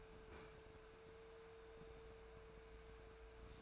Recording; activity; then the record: daily activity, microphone in the room; open fridge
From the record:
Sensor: 2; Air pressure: 1014.7 hPa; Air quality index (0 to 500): 190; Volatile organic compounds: 15 ppm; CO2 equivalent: 2517 ppm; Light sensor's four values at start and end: 19/47/20/22 and 25/61/26/29